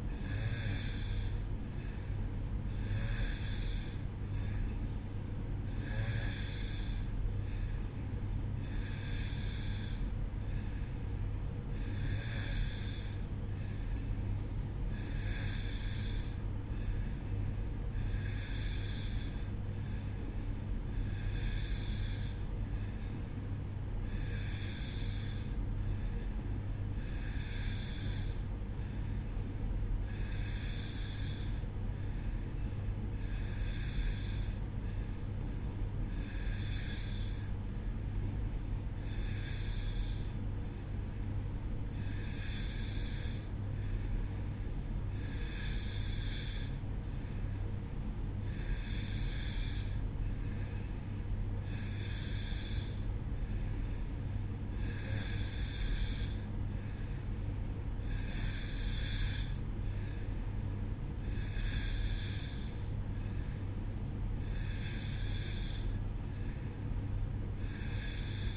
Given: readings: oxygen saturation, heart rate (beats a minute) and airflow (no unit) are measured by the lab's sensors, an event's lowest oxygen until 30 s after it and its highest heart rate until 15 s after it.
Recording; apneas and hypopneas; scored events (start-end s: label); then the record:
breathing in sleep by a smartphone at the bedside; none
none scored
From the record:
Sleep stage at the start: N2 (light sleep); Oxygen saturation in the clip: 90 to 91%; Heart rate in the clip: 63 to 66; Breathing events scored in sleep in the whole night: 305 in 9.6 hours asleep